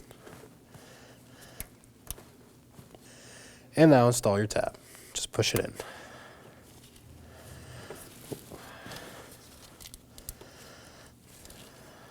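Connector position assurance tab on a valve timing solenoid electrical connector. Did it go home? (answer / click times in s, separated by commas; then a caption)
no / none. The plastic connector position assurance tab on the electrical connector of the rear variable valve timing solenoid of a 2018-2024 Chevrolet Equinox 1.5L L4 is being pushed in by hand after the connector has been slid on. Someone talks briefly around 4 to 6 seconds, with faint handling ticks near 1.6, 2.1 and 10.3 seconds over low background noise. The tab has not clicked or seated yet.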